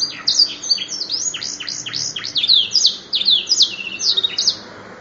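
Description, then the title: Atlantic canary song, a rapid run of high, sweeping chirps and downward-slurred notes. "kenari"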